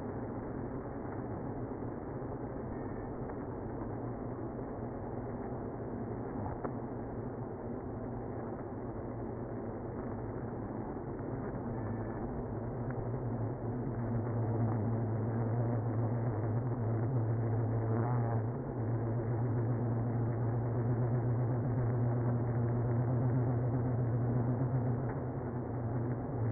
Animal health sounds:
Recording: honeybee colony, microphone inside the hive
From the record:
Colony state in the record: queenless (queen removed)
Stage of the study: after two queens were removed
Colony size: about 60,000 bees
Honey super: yes

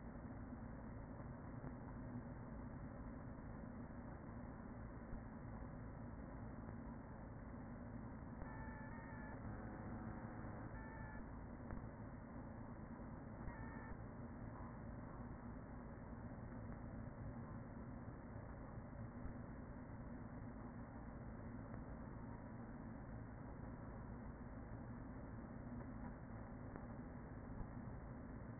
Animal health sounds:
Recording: honeybee colony, microphone inside the hive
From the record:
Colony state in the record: queen present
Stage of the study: after two queens were removed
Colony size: about 40,000 bees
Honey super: no

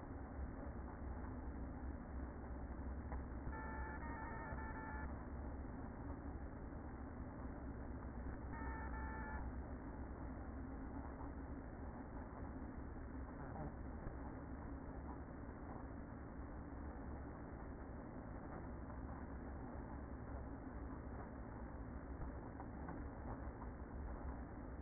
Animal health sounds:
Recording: honeybee colony, microphone inside the hive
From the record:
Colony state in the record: queen present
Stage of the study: after two queens were removed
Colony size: about 60,000 bees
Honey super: yes

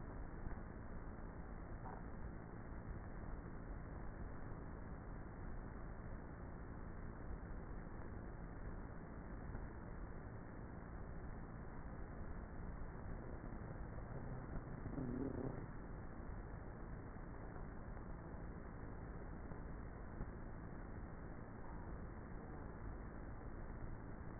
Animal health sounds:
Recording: honeybee colony, microphone inside the hive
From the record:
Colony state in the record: queenless with a low population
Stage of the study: before two queens were removed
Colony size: about 30,000 bees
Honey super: no

